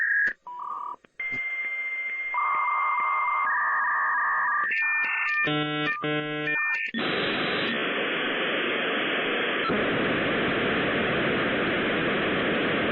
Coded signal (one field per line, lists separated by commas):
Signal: dial-up modem handshake